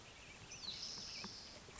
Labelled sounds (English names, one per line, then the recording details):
Spotted Towhee
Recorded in Sonoma County, California